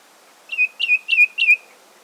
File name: Golosa ptic - Pepelnaya sinica Melaniparus cinerascens